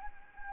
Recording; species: mosquito wingbeat signal from an infrared sensor; Anopheles gambiae